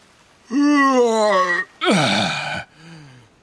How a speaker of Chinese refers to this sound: 海格打了个大哈欠，坐起来伸了伸懒腰。